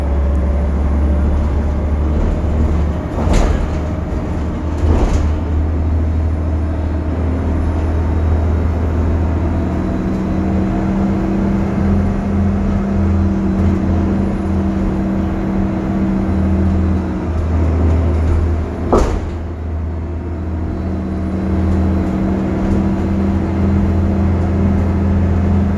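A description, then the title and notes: A bus runs with a steady, deep engine drone and a constant hiss. A low hum around the engine shifts in pitch now and then, rising and settling as the bus moves. Sharp clicks or knocks break through near 3, 5 and 19 seconds. Public Transport in Istanbul. BredaMenarinibus Avancity+ CNG (Karsan). White Noise Bus.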